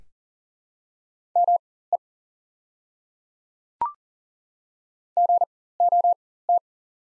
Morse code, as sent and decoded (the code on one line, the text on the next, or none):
-- . / --. --- -
ME GOT